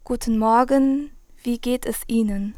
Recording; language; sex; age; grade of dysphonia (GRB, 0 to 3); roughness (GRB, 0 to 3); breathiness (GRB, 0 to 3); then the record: spoken sentence; German; female; 20 to 29 years; 0; 0; 0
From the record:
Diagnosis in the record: healthy voice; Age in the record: 20 years